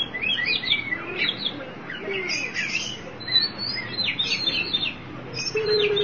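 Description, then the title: Oriental magpie-robin song: a rapid run of varied whistled and slurred notes, some rising and some falling. "Suara Kicauan Burung Kacer Durasi Panjang"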